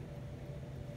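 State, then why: Not seated. After a new spark plug is tightened in a chainsaw, the ignition lead boot is being handled toward the plug. A steady low rumble with broadband noise runs throughout, and a brief brighter sound rises at the very end near 1.0 s. Nothing has seated or clicked yet.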